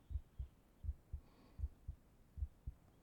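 An adult's heartbeat heard up close, as if with the ear against the chest: steady, low-pitched lub-dub pairs at about 80 beats per minute.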